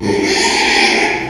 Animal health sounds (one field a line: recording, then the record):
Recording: squeal of a Yucatan mini pig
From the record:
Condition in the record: after surgery on the right vocal fold (resection and tissue-engineered implant)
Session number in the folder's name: 2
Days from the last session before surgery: 13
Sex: male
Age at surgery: 12 weeks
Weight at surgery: 13 kg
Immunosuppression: cyclosporine, prednisolone